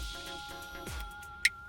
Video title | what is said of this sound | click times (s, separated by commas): 2015-2017 Ford F-Series - 4" to 8" Sync 3 GPS Navigation Upgrade - Easy Plug & Play Install! | and that'll snap into place. | 1.5 s